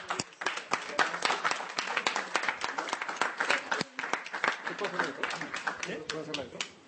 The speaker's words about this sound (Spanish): ¡Exacto! ¡Un aplauso!